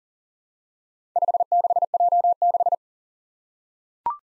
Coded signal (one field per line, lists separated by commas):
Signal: Morse code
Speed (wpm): 40 wpm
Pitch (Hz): 700 Hz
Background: none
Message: 56J6